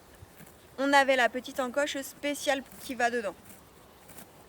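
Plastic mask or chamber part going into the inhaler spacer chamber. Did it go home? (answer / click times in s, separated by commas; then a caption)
no / none. A plastic mask or chamber part of a plastic inhaler spacer (baby haler) for use on a horse is being fitted into its small dedicated notch on the spacer chamber while someone talks. A faint short sound comes near 4.1 s, but the part is only being handled and nothing has seated or clicked yet.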